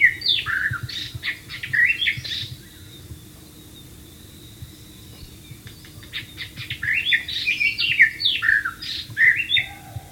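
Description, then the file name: White-rumped shama song: two rich, rapid bursts of varied whistled and chattering notes at start and end, a quiet gap between, with a faint low hum. "suara burung murai batu di alam liar"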